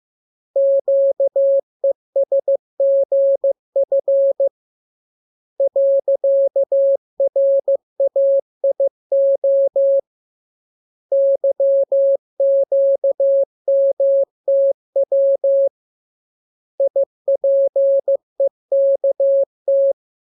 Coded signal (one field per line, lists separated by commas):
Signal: Morse code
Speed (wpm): 15 wpm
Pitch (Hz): 550 Hz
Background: none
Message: QESGF .RAIO YQMTW IPEKT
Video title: Learning Morse Code. Lesson 25. Letter KMURESNAPTLWI.JZ=FOY,VG5/Q